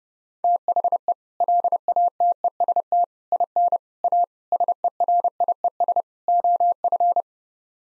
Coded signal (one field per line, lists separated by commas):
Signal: Morse code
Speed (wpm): 31 wpm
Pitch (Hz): 700 Hz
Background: none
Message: THE LATEST IN A SERIES OF